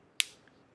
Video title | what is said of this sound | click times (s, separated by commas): NEW MAYBELLINE SUPERSTAY INK CRAYON REVIEW SWATCHES & GIVEAWAY!!! | when you lock it it just makes that the click sound and you know it's locked | 0.2 s